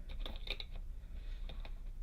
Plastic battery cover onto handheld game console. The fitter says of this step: like this, pops right in, see?